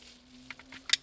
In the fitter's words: we're just gonna push it into place like that until it clicks